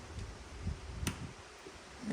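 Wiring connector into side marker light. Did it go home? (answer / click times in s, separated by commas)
yes / 1.1 s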